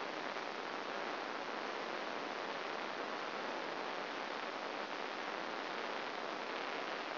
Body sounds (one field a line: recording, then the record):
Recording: brain microelectrode recording played as sound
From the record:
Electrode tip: outside the subthalamic nucleus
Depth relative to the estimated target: 5 mm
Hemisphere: left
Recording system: AlphaMap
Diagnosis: Parkinson's disease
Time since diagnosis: 12 years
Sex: male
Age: 57 years